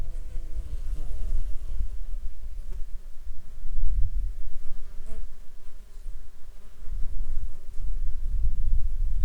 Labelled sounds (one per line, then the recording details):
insects
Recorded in the Arctic National Wildlife Refuge, Alaska, on 21 June 2019 at 10:22
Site 33